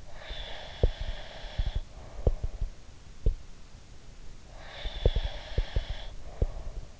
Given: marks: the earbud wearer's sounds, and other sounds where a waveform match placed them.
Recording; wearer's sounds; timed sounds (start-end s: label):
sounds in sleep by an in-ear microphone; breath
0.04-2.75 s: breath
0.78-3.38 s: sound from someone else or the room
4.50-7.00 s: breath
4.81-7.00 s: sound from someone else or the room